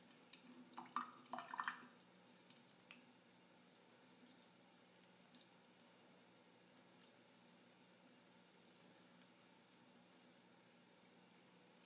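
Water trickles onto plastic, with a quick cluster of sharp taps and splashes in the first two seconds. After that it settles into a faint, steady hiss with a thin high whine above it, broken by occasional soft ticks and one small drip near nine seconds.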